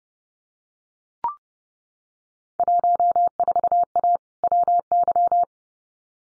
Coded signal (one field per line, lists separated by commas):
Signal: Morse code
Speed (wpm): 30 wpm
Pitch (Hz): 700 Hz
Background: none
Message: 14A WY